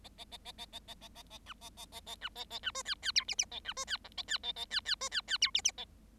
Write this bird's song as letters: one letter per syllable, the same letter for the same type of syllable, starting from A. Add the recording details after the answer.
A A A A A A A A A A B A A A A B A A B C D D E F F A B C D G A D A A D D C D D E F F A. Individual Bird7